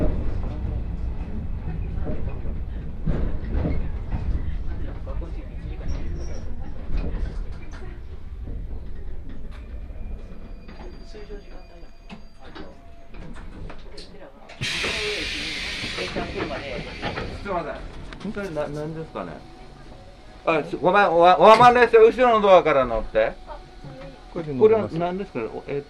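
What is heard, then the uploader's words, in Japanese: Inside a train on a rail journey, voices murmur over a low, steady rumble through the first half. Around fifteen seconds a sharp burst of hissing air cuts in, then a loud, wavering voice, perhaps an announcement, rises and falls until the end. 鉄道旅 福塩線 福山→道上。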